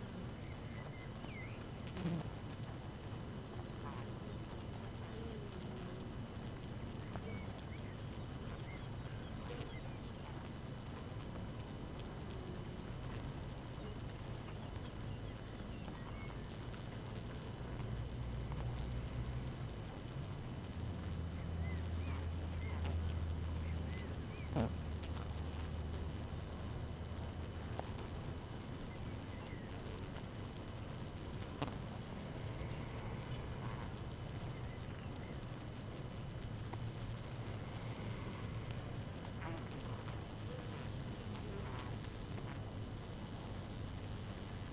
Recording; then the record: honeybee colony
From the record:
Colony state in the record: active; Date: 12 June 2018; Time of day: 5:27